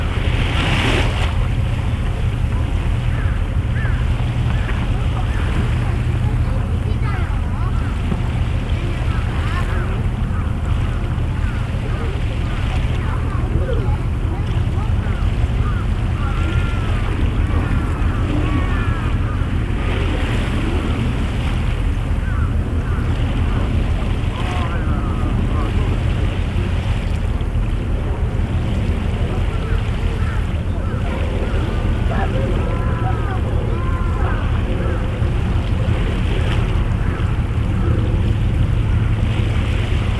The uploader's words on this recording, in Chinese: とある日の横浜港。Mic: Mu6 Lifelike2。波音。